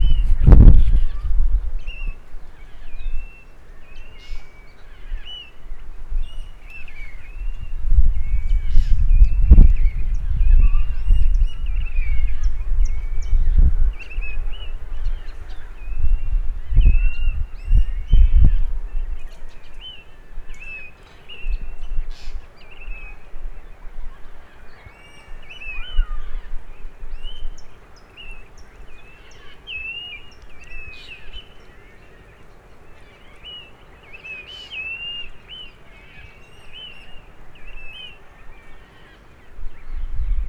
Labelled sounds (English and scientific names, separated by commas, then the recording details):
Blue-naped Mousebird (Urocolius macrourus)
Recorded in northern Uganda